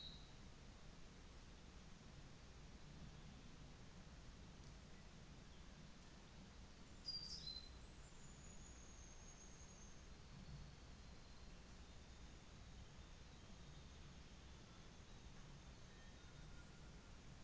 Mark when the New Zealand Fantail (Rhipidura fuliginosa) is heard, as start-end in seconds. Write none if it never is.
7.78-10.08, 11.75-16.20